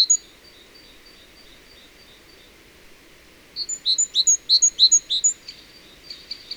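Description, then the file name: Great tit call: a faint run of high notes, then a louder burst of several sharp, repeated two-part chirps, ending with a few scattered notes. "Parus major"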